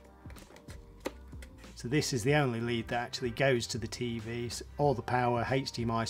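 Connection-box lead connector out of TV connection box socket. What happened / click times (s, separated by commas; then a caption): The plastic connector latch was released and the lead pulled free / 1.1 s. A plastic tab on the connection-box lead connector of a Samsung 65QN800A 8K Neo QLED TV is squeezed to unlatch it, and the lead is pulled out of the TV connection box socket, with a sharp click at about 1.1 s after a few faint ticks. Someone then talks over background music.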